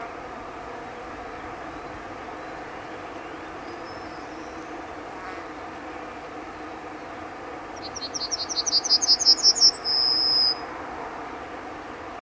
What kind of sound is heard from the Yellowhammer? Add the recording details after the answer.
song. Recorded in the wild. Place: Jagstheim, Baden-Württemberg, DE. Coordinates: 48.8881, 10.39. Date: 1971-05-31. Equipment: Uher Report 4200, AKG D190C in Doppel-Parabolreflektor. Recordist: Krey, Winfried